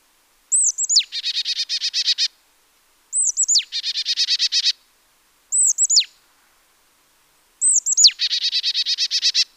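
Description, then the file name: Marsh tit calls: high thin notes sliding sharply down, then a fast buzzy chatter of repeated nasal notes, the phrase given four times about every two and a half seconds, one without the chatter. "Poecile palustris"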